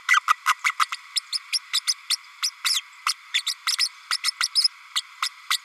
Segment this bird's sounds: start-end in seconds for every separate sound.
0.08-0.20, 0.27-0.36, 0.47-0.54, 0.64-0.72, 0.79-0.85, 0.92-0.97, 1.15-1.20, 1.32-1.39, 1.52-1.58, 1.73-1.79, 1.87-1.94, 2.09-2.17, 2.42-2.50, 2.64-2.81, 3.06-3.13, 3.34-3.42, 3.46-3.54, 3.78-3.88, 4.11-4.17, 4.23-4.31, 4.40-4.48, 4.55-4.67, 4.95-5.01, 5.22-5.29, 5.50-5.58